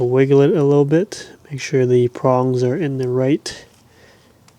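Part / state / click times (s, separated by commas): steering wheel wiring connector into the steering column harness plug / not seated / none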